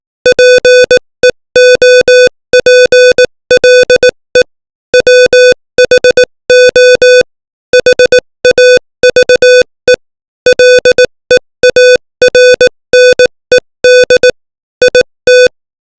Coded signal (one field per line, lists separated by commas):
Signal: Morse code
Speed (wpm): 18 wpm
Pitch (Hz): 500 Hz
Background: music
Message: PEOPLE WHO HAVE LEARNED IT